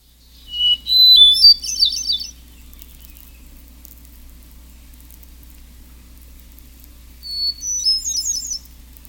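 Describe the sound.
Hermit thrush singing two phrases several seconds apart, each a clear whistle leading into a high, ringing, tumbling flourish, with quiet low hum between.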